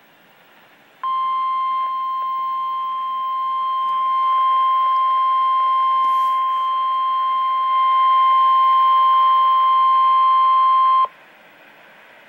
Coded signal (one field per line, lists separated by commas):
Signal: Emergency Alert System (SAME) tones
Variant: 1050 Hz attention tone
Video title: REAL EAS 674-Severe thunderstorm warning